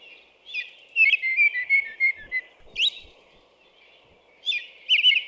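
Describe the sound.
American robin song: series of caroling whistled phrases with sharp high notes, a pause of over a second, then a final burst of phrases.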